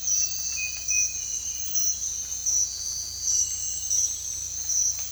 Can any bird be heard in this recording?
no